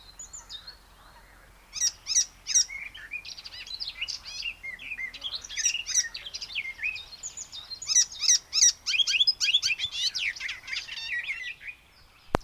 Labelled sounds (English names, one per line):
Icterine Warbler song